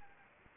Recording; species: mosquito wingbeat signal from an infrared sensor; Anopheles arabiensis